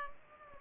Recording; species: mosquito wingbeat signal from an infrared sensor; Culex pipiens